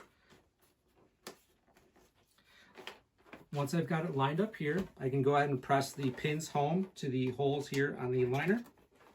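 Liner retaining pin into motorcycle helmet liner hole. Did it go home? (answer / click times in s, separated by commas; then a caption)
no / none. Plastic pins on a Horizon cheek pad and liner are lined up by hand against the holes in a motorcycle helmet's foam liner, with faint handling taps and rustles between 1.3 and 3.3 seconds. From about 3.5 seconds to the end, someone talks. Nothing has seated or clicked yet.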